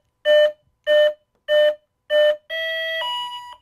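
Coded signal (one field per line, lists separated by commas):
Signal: beep code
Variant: FMS ESC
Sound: four short buzzy beeps evenly spaced, then one longer tone that changes pitch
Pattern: 4 short, 1 long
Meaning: ESC is armed and ready for use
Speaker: as you can see right there it took a few seconds and she's programmed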